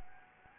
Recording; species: mosquito wingbeat signal from an infrared sensor; Anopheles gambiae